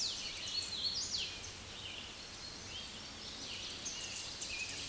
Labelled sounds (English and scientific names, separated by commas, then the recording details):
Hooded Warbler (Setophaga citrina) song
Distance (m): 55 m
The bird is about level with the microphone
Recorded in a Pennsylvania forest on 16 May 2024 at 06:33
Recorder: AudioMoth, point MSD-2181
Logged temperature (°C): 12.8 °C
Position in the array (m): 104 m, 110 m